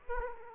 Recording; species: mosquito wingbeat signal from an infrared sensor; Aedes aegypti